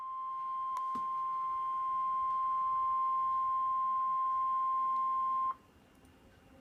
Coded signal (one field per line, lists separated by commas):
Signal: Emergency Alert System (SAME) tones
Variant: 1050 Hz attention tone